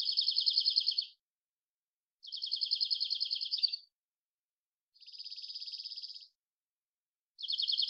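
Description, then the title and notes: Dark-eyed junco song, a run of rapid even trills lasting one to two seconds each, repeated after brief gaps, the third softer and buzzier, clean silent background. Collected song variations and trills, isolated; recorded in the Pacific Northwest, Washington, United States. "Dark-eyed Junco, Junco hyemalis, collected song variations, trills, isolated Recorded in the beautiful Pacific Northwest, Washington, United States"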